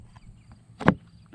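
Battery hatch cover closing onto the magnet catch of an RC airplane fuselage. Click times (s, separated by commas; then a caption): 0.9 s. The battery hatch cover of an E-flite Air Tractor RC airplane is pressed onto the rare-earth magnet catch on the fuselage. Against a quiet background, it snaps shut with one sharp click at 0.9 s. The hatch seats and is held firmly in place.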